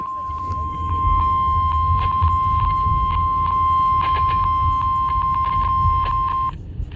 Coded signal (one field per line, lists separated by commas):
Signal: Emergency Alert System (SAME) tones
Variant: 1050 Hz attention tone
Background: speech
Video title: EAS #2173-2175 Severe Thunderstorm Warning